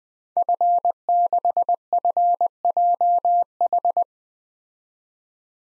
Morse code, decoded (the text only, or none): F6FJH